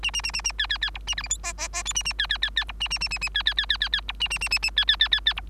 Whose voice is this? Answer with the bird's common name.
Bengalese Finch